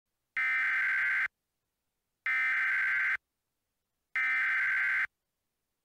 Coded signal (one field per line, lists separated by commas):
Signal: Emergency Alert System (SAME) tones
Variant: header bursts